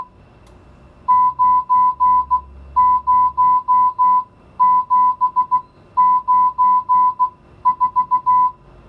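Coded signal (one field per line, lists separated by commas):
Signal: Morse code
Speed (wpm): 16 wpm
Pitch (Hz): 1000 Hz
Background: music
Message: 90794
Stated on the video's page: Morse receiving lesson with mixed digits 0-9 for listening and writing practice.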